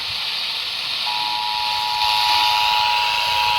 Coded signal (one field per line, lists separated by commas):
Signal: Emergency Alert System (SAME) tones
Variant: 853 and 960 Hz attention tone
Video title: End of July comes weather. | EAS Alerts from 7/30-31/25 | EAS#2,562-2,610